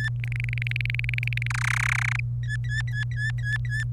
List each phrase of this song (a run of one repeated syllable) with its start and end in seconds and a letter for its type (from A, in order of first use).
0.00-0.09 A, 0.24-1.47 B, 1.50-2.20 C, 2.43-3.84 A